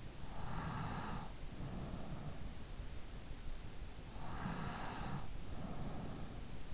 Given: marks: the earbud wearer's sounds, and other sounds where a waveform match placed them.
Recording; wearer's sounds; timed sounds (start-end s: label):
sounds in sleep by an in-ear microphone; breath
0.39-3.11 s: breath
4.15-6.74 s: breath